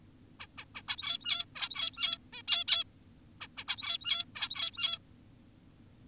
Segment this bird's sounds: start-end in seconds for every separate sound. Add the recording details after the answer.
0.40-0.47, 0.58-0.65, 0.75-0.82, 0.88-1.45, 1.56-2.18, 2.33-2.42, 2.48-2.64, 2.68-2.84, 3.41-3.48, 3.58-3.64, 3.68-4.25, 4.36-4.99. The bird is an adult. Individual g17y2U